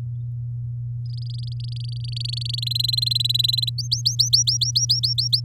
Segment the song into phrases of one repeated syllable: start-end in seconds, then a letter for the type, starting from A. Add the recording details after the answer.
1.06-2.60 A, 2.62-3.69 B, 3.78-5.40 C. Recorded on 10 May 2018 at 17:28. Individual llb16